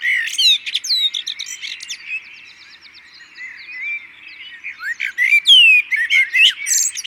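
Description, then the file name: Common blackbird, a loud run of chattering notes at the start and again near the end, a softer bird chorus filling the gap. "Turdus merula"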